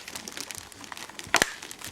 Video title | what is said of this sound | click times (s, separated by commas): Hoover Xarion Bagless Vacuum Cleaner Unboxing & Demonstration | a but that's all right it's clicked in place | 1.3 s, 1.4 s